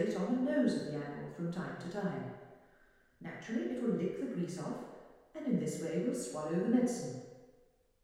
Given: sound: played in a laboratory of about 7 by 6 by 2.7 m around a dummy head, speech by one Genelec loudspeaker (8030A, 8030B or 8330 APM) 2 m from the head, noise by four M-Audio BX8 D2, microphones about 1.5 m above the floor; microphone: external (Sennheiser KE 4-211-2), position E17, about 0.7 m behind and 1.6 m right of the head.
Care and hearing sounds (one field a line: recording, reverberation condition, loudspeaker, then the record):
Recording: female speech in English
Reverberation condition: high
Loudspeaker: 60 degrees to the right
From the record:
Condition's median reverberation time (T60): about 1300 ms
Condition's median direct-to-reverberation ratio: about -4.0 dB